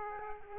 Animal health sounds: mosquito wingbeat signal from an infrared sensor; Aedes aegypti

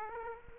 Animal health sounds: mosquito wingbeat signal from an infrared sensor; Aedes aegypti

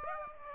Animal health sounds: mosquito wingbeat signal from an infrared sensor; Aedes aegypti

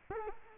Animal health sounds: mosquito wingbeat signal from an infrared sensor; Culex quinquefasciatus

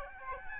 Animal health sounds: mosquito wingbeat signal from an infrared sensor; Aedes albopictus

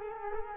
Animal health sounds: mosquito wingbeat signal from an infrared sensor; Culex quinquefasciatus

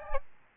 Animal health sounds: mosquito wingbeat signal from an infrared sensor; Aedes albopictus

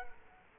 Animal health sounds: mosquito wingbeat signal from an infrared sensor; Culex quinquefasciatus

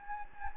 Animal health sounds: mosquito wingbeat signal from an infrared sensor; Anopheles gambiae

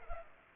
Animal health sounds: mosquito wingbeat signal from an infrared sensor; Culex pipiens

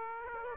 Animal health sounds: mosquito wingbeat signal from an infrared sensor; Aedes aegypti

